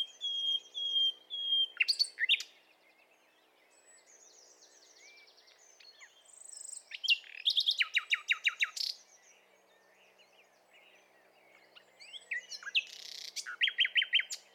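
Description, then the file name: Common nightingale with three bursts of song, each made of rapidly repeated notes and chirps, separated by quieter pauses. "Luscinia megarhynchos"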